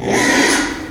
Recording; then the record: squeal of a Yucatan mini pig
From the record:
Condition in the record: after surgery on the right vocal fold (resection and tissue-engineered implant); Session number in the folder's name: 3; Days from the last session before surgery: 33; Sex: male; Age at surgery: 12 weeks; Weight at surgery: 13 kg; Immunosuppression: cyclosporine, prednisolone